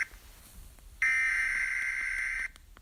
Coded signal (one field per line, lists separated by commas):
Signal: Emergency Alert System (SAME) tones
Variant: header bursts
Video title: EXTRATERRESTRIAL INVAION EAS (ORIGINAL)